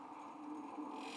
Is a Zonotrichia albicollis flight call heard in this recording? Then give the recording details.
no. No flight call is heard. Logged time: 03:41 on 5 December 2014